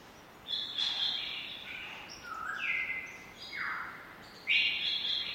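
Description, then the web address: Lyrebird squawks: harsh, rasping bursts with quick falling sweeps, several in a row with short pauses, over a steady background hiss. "lyrebirds squaking. lyrebirds squeaking"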